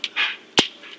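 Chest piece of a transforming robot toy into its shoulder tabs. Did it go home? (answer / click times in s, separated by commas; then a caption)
yes / 0.0 s. The plastic chest piece of a Robots in Disguise (Transformers Prime) Revealers Wheeljack transforming robot toy is pushed into its shoulder tabs on a retry, snapping into place with a sharp click at 0.0 s. A soft rustle follows, then a louder broadband knock near 0.6 s. The chest locks firmly into position.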